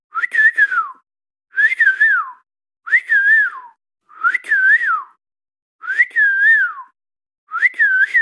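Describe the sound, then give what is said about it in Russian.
A person whistles a golden oriole's call six times in a row, each a fluting, warbling phrase with rising and falling pitch, separated by short pauses, loud and clear with no talking. “Я так немножко умею свистеть, и Иволга, мне кажется, это просто единственная птица, которой я умею подражать.”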